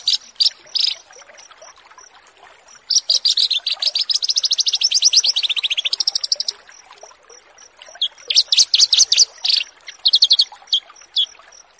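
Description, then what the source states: Horsfield's bush lark gives a few sharp chirps, then a long fast trill that slurs downward, then more chattering bursts, with a faint steady tick behind. Bird-keeping masteran song-tutoring recording.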